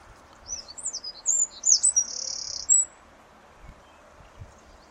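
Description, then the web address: Bird calls: a short burst of high, sharp chirps and a brief flat buzzy note over steady background hiss, followed by quiet with a few low thumps. "cianscape birddata Deverinetal 2025"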